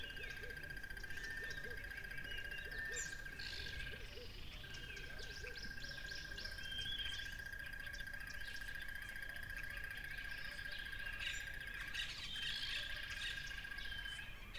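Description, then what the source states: Crickets trill steadily with a brief break, amid a dense chorus of other chirps and calls. At a lively tropical river.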